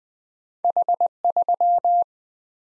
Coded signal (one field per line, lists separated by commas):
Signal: Morse code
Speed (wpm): 20 wpm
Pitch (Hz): 700 Hz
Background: none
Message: H3